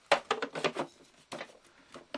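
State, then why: Seated. After the juice receiver, cutting disc and protective cover are fitted on a juicer, the plastic fastening lever is snapped over the cover so that it presses the safety micro switch. A run of sharp plastic knocks and rattles comes from 0.1 to 0.8 s, another at 1.3 s, and then a short crisp click at 2.1 s. The lever clicks shut and is seated.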